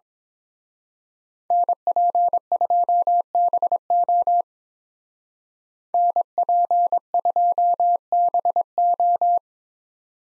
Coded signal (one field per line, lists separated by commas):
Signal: Morse code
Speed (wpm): 24 wpm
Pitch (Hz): 700 Hz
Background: none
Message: NP2BO NP2BO